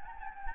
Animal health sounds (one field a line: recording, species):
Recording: mosquito wingbeat signal from an infrared sensor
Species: Anopheles gambiae